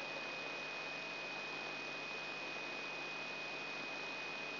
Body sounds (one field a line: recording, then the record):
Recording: brain microelectrode recording played as sound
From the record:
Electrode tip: outside the subthalamic nucleus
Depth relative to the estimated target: 2 mm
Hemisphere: right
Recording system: AlphaMap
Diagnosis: Parkinson's disease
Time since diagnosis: 6 years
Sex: female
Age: 40 years